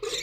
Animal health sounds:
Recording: pig call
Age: weaner (32 to 43 days)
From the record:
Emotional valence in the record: negative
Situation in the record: short isolation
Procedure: open field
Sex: female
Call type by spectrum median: high-frequency call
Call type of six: high-frequency stable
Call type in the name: high-frequency stable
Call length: 0.23 s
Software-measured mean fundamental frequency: 230 Hz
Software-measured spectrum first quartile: 746 Hz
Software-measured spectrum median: 2511 Hz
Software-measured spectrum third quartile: 4594 Hz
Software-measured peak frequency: 439 Hz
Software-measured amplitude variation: 177 dB a second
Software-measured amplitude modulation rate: 15.0 a second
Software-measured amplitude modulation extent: 11.8 dB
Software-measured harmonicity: 4.7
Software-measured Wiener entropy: -2.10

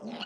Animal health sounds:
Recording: pig call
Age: piglet (1 to 25 days)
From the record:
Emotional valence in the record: negative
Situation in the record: long isolation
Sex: female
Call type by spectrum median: low-frequency call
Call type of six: mixed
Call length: 0.26 s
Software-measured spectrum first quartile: 358 Hz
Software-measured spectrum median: 1059 Hz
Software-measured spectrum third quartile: 2861 Hz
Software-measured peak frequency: 224 Hz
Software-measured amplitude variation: 136 dB a second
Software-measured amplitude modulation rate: 11.7 a second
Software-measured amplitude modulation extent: 11.6 dB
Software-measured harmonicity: 4.2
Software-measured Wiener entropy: -2.58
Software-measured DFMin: 563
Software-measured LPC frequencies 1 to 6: 542, 1414, 2906, 4317, 7305, 8417 Hz

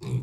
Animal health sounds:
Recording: pig call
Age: weaner (32 to 43 days)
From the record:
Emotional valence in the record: negative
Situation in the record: long isolation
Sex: female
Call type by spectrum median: low-frequency call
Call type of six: low-frequency stable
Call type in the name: low-frequency stable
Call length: 0.23 s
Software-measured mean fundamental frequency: 61 Hz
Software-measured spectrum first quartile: 125 Hz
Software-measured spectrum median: 166 Hz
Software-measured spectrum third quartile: 429 Hz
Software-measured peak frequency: 130 Hz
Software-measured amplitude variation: 129 dB a second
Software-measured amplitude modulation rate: 19.8 a second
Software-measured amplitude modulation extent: 6.5 dB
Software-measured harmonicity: 5.3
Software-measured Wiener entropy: -0.57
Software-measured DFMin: 1188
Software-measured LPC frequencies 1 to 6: 957, 2376, 3661, 4216, 4754, 7323 Hz

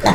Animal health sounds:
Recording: pig call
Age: piglet (1 to 25 days)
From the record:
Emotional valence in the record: positive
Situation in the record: reunion after long isolation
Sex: male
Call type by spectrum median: low-frequency call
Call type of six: low-frequency tonal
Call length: 0.15 s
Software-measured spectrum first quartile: 366 Hz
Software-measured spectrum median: 790 Hz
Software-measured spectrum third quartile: 1554 Hz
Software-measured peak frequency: 181 Hz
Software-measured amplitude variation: 116 dB a second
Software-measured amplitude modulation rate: 17.1 a second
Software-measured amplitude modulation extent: 6.8 dB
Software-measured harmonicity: 1.0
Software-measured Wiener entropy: -1.36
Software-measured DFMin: 824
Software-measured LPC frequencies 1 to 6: 835, 1907, 3581, 4164, 6245, 7324 Hz

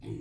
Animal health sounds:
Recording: pig call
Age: weaner (32 to 43 days)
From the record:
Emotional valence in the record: negative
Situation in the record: negative conditioning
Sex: female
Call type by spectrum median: low-frequency call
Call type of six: low-frequency stable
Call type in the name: low-frequency stable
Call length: 0.20 s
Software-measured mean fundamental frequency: 52 Hz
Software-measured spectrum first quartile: 121 Hz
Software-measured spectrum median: 239 Hz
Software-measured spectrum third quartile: 377 Hz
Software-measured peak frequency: 318 Hz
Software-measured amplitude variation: 150 dB a second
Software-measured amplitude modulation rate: 26.8 a second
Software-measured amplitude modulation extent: 5.6 dB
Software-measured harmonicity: 0.8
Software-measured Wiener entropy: 0.20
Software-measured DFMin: 1289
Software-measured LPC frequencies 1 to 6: 316, 2191, 3419, 4119, 4789, 5679 Hz

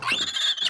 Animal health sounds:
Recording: pig call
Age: piglet (1 to 25 days)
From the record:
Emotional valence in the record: negative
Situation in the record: short isolation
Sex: female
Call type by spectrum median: high-frequency call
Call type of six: high-frequency stable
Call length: 0.70 s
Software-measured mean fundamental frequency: 270 Hz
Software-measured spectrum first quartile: 2286 Hz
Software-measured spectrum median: 3206 Hz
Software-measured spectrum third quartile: 3742 Hz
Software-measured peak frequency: 3554 Hz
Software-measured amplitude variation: 240 dB a second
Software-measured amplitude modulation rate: 17.8 a second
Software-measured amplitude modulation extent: 13.5 dB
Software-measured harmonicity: 8.1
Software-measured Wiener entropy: -2.72

